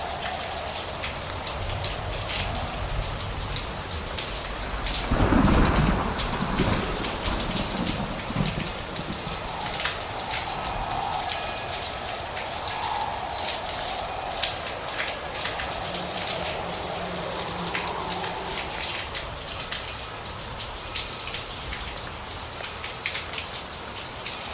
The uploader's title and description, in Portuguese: Uma Tarde Tempestuosa: Som de Chuva. Ouça o som de uma tempestade que cai em uma tarde de verão.